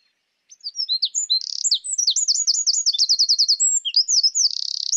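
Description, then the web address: Eurasian wren song: loud, high rapid phrases of sharp notes, a fast trill of repeated notes, then a dry buzzy rattle near the end. "SETE Troglodytes troglodytes"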